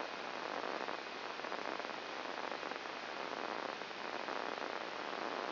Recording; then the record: brain microelectrode recording played as sound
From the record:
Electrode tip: outside the subthalamic nucleus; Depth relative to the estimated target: 3.5 mm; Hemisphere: right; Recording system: AlphaMap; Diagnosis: Parkinson's disease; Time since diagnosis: 8 years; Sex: male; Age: 57 years